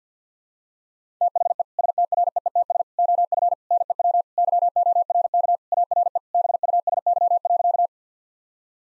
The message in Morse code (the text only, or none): THE STREETS OF NEW YORK ARE BUSY.